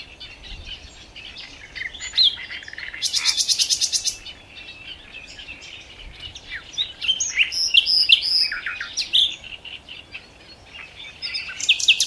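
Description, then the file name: Common nightingale song with a loud, even, pulsed buzzy trill, later sharp whistled notes and chips in varied phrases. "Luscinia megarhynchos"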